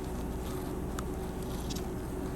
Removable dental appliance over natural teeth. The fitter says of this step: So you're going to hear a snap,